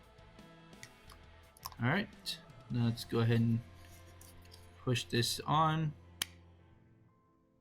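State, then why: Seated. A plastic part is pushed onto a Fanhome Star Wars Millennium Falcon model kit assembly while someone talks over a steady low hum. A single sharp click at 6.2 s marks the part seating into place, with a few faint ticks earlier in the clip.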